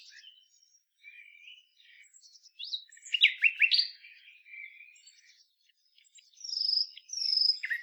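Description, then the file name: Common nightingale: scattered whistles, a cluster of loud sharp notes midway, and two loud slurred whistles near the end. "Luscinia megarhynchos"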